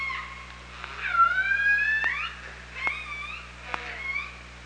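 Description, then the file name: Killer whale calls, long harmonic tones gliding gently upward, interrupted by sharp clicks roughly once a second, with further fainter calls. OrcaLab hydrophone, 24 August 2017, 07:54. "Orca Lab UTLN JASON 20170824 075418"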